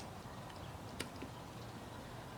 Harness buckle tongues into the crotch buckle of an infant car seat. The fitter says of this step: Push tightly and hear it click.